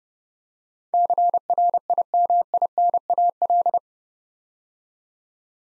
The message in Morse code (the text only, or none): CRIMINAL